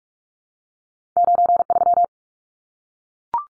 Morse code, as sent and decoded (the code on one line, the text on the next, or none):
----. ...--
93